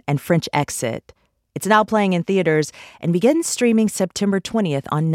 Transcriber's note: none